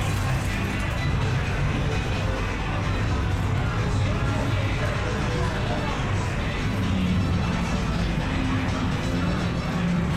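Inside a seaside amusement arcade, a dense, steady wash of machine whirring and hum fills the room, strongest in the low end. Voices chatter continuously underneath, blending into a crowd murmur, with brief tonal bleeps surfacing now and then.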